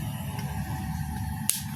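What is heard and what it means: The rear slide cover plate of a Glock 17 Gen4 airsoft replica pistol is lined up and pressed onto the slide, which is locked back to give a neater look, against a steady low background hum. A single sharp snap at 1.5 s seats the cover plate on the slide.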